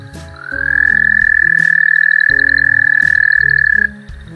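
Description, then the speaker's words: Canadian toad giving one long, even, high trill held steadily for over three seconds, with quiet music playing beneath. Adult toad with a pretty shrill call, Calgary area. "there's the adult Canadian toad, which has a pretty shrill call."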